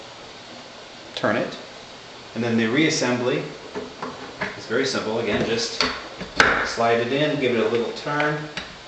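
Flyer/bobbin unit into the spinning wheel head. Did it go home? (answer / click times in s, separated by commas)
no / none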